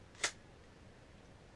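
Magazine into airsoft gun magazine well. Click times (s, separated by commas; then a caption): 0.2 s. A magazine is inserted into the magazine well of an airsoft gun and locks into place. A brief lead-in sound starts around 0.2 s, followed by one sharp, bright click at 0.2 s that shows it has seated, then quiet.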